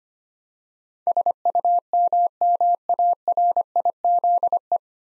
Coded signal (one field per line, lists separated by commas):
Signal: Morse code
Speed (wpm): 25 wpm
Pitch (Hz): 700 Hz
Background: none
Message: SUMMARIZE